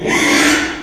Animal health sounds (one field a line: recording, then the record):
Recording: squeal of a Yucatan mini pig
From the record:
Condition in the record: after surgery on the right vocal fold (resection and tissue-engineered implant)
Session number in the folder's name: 3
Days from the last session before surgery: 33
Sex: male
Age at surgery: 12 weeks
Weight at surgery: 13 kg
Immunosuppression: cyclosporine, prednisolone